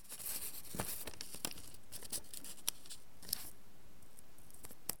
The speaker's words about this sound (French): J'ai découpé un motif d'écaille qui correspond donc au thème d'aujourd'hui. Et donc là, je vais poser le papier sur le vernis.